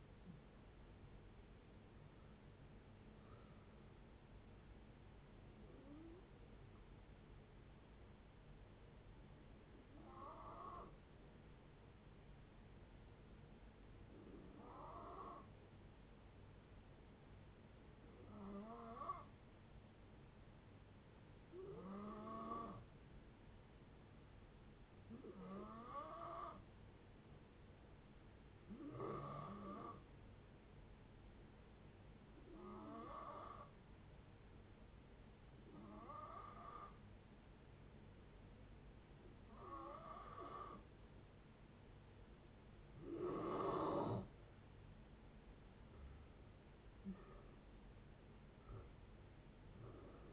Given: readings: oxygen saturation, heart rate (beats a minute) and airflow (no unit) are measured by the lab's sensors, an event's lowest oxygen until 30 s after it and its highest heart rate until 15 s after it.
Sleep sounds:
breathing in sleep by a voice recorder at the bedside; 1
8.00-45.10 s: hypopnea (N1, oxygen 95% highest, then 87% lowest, heart rate 62 at the start, 78 highest)
19.00-50.33 s: new sleep stage, N2 (light sleep)
From the record:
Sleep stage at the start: N1 (lightest sleep); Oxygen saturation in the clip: 85 to 95%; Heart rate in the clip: 56 to 78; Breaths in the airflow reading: 13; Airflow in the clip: -15.1 to 11.5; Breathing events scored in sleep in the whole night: 496 in 5.4 hours asleep

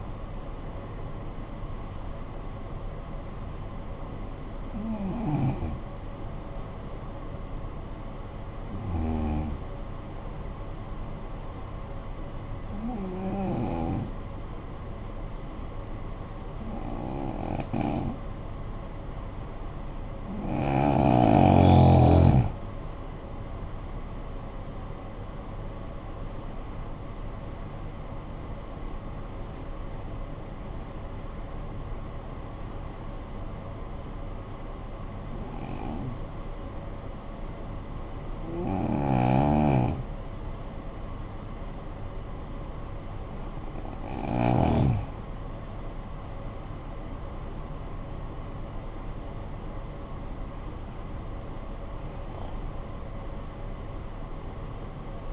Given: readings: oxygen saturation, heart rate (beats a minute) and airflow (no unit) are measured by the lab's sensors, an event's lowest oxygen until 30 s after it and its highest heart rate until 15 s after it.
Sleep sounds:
breathing in sleep by a smartphone at the bedside; 2
6.00-22.00 s: hypopnea (N1, oxygen 96% highest, then 88% lowest, heart rate 50 at the start, 71 highest)
24.00-54.00 s: new sleep stage, N2 (light sleep)
32.00-45.90 s: hypopnea (N2, oxygen 92% highest, then 88% lowest, heart rate 62 at the start, 67 highest)
54.00-55.33 s: new sleep stage, N1 (lightest sleep)
From the record:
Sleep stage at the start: N1 (lightest sleep); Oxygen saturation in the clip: 85 to 96%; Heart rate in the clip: 49 to 71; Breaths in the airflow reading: 11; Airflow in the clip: -12.9 to 14.7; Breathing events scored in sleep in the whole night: 445 in 7.6 hours asleep

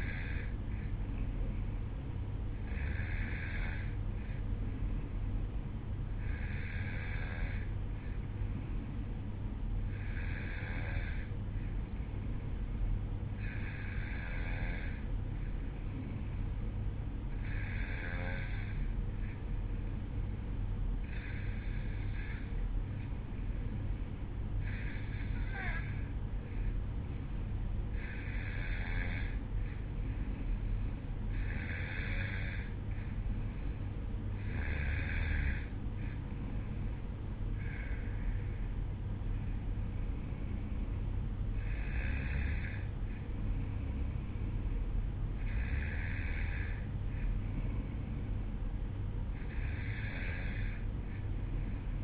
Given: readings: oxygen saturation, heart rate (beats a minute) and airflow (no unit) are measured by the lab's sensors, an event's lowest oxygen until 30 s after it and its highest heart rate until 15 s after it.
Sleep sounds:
breathing in sleep by a smartphone at the bedside; 1
8.00-35.60 s: hypopnea (N2, oxygen 93% highest, then 92% lowest, heart rate 54 at the start, 59 highest)
46.00-52.03 s: new sleep stage, N1 (lightest sleep)
From the record:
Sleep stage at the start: N2 (light sleep); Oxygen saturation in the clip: 92 to 93%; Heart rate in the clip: 54 to 59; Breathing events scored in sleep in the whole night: 305 in 9.6 hours asleep

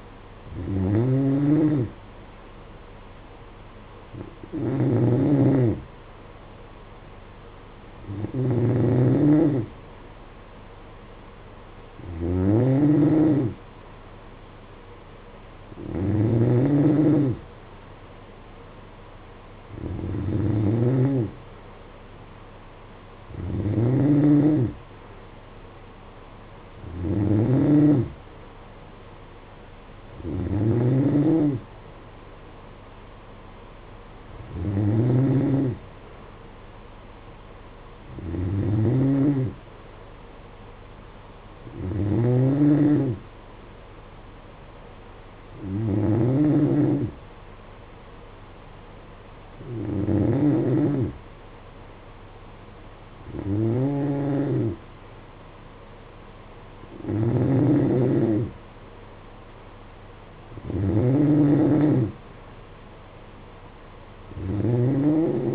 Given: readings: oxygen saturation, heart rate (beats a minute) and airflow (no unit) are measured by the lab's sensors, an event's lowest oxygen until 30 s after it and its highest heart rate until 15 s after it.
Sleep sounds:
breathing in sleep by a voice recorder at the bedside; none
28.00-58.00 s: new sleep stage, N2 (light sleep)
58.00-65.55 s: new sleep stage, N3 (deep sleep)
From the record:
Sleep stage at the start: N3 (deep sleep); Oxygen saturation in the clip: 92%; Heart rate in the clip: 54 to 59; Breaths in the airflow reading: 17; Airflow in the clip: -9.4 to 5.7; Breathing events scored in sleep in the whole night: 476 in 9.7 hours asleep

